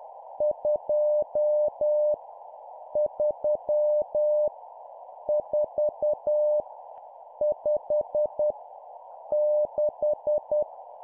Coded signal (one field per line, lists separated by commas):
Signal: Morse code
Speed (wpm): 10 wpm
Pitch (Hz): 600 Hz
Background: none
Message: 2 3 4 5 6